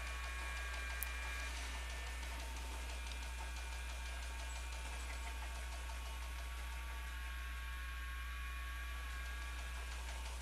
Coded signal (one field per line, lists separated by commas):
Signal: FT8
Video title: FT897 QSO FT8 20m 5w - WA to AZ - N7JFP